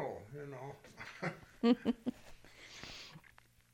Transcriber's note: laughs